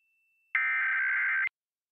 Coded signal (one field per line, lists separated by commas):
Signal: Emergency Alert System (SAME) tones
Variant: header bursts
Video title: 2023 National EAS Test on Tampa Bay local TV stations